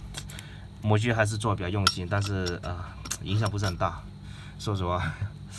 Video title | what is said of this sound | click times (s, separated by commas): Fountain pen review鋼筆評論 80 LAMY凌美 Safari狩獵者 | 卡进去然后再慢慢扭啊，就这个 | 0.3 s, 0.4 s